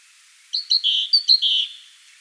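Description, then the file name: Great tit calls in two short bursts, each a pair of bright clipped notes followed by a longer slurred note. "Parus major"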